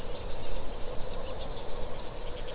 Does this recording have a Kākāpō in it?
no